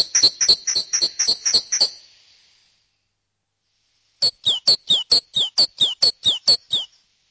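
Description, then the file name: Great tit song, two phrases of rapidly repeated high two-part notes, the second phrase with downward-sliding elements, separated by a pause of about two seconds. "koolmees"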